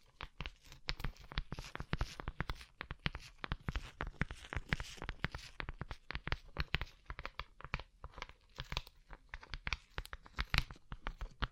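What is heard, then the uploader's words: Tapping on a rhinestone-covered surface, heard as a dense, uneven run of sharp clicks and ticks across the whole twelve seconds. The taps come quickly and irregularly, some brighter and louder, with a faint scratchy, crinkling texture between them. ASMR Rhinestone Covered Tapping 3Dio (No Talking).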